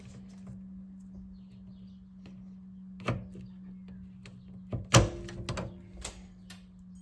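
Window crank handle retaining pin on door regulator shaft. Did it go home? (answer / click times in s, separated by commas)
released / 4.9 s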